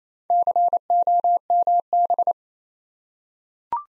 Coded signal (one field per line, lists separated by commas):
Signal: Morse code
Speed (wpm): 29 wpm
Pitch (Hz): 700 Hz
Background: none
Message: COMB